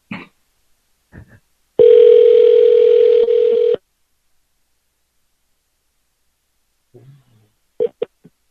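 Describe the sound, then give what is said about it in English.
A loud, steady telephone dial tone hums for about two seconds, set apart by brief clicks and short beeps of dialing before and after, with no talking. “So okay, let's give this guy a call.”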